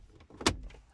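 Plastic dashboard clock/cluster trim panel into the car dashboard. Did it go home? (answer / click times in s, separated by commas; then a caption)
yes / 0.5 s. A plastic dashboard clock and cluster trim panel on a 1997 Lancer is pushed back into the dash after its T5 LED bulbs are swapped. Faint rustling and small knocks lead up to one sharp, bright snap at 0.5 s as its clips seat and the panel locks back into place.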